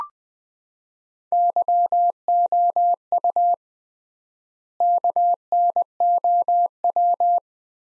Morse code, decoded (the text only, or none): YOU KNOW